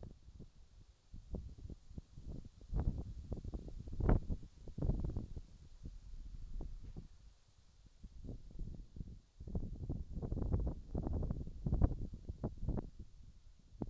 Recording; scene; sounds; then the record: everyday scene through a hearing-aid microphone; wind on the microphone; wind, whistling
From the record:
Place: in front of a rural house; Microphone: in the ear canal, left